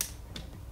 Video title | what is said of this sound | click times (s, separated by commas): ГЕЙМПАД И ПОДСТАВКА ДЛЯ ТЕЛЕФОНА | слышите, оно щелкает. | 0.0 s, 0.4 s